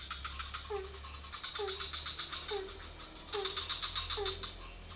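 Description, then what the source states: Frog chorus: short dipping croaks repeated regularly, layered with rattling pulsed trills beneath a steady high whine. Several frog species in a pond near a hotel, night, Ubud, Bali, Indonesia; recorded with Sony PCM D50, Rode NT4, Rode boompole.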